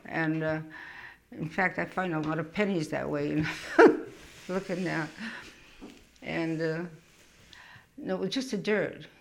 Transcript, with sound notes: And, in fact, I find a lot of pennies that way ( she laughs ) looking down. And it was just the dirt.